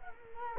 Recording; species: mosquito wingbeat signal from an infrared sensor; Culex quinquefasciatus